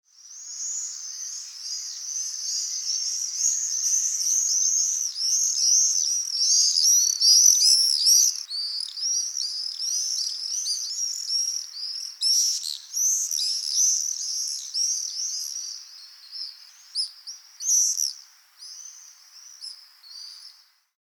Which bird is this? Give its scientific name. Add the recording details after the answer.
Apus apus. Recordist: Tembrock, Günter. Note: Gruppe: Flugrufe